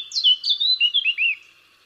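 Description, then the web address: Eurasian blackcap giving a brief phrase of clear, fluty slurred whistles, lasting about one and a half seconds. "SETE data Sylvia atricapilla"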